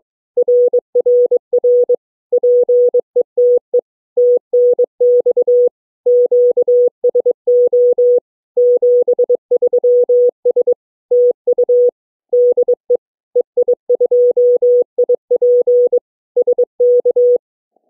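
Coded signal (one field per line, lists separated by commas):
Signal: Morse code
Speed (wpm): 22 wpm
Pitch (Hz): 490 Hz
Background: none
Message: RRR PETE TNX QSO 73S TU DE EI2IP SK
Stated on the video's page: CW DX contact with Mexico, a new DXCC entity.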